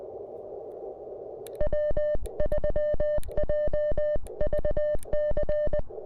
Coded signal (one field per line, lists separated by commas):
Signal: Morse code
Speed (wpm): 18 wpm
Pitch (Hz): 590 Hz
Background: none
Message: W3JVC